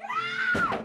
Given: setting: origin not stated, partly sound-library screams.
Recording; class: one-second piece from a danger detection set; woman in danger